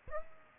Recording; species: mosquito wingbeat signal from an infrared sensor; Aedes aegypti